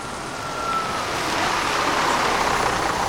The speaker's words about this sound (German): Da kommt auch schon ein Bus angefahren.